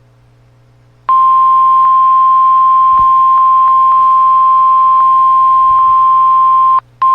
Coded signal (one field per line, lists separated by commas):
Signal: Emergency Alert System (SAME) tones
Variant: 1050 Hz attention tone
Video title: (EAS#159) Severe Thunderstorm Warning